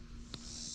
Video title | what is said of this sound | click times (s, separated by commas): There's a LOT... Farm Fencing - Part 2! | as you can see i just come in here put this back in and it's locked into place | 0.3 s